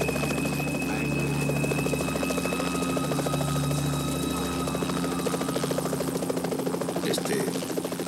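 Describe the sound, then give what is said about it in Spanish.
A helicopter drones steadily throughout, its rotor wash forming a constant, loud whirring roar with a low, pulsing throb and a faint high whine riding on top. “Esos idiotas aún se creen que huiríamos en helicóptero.”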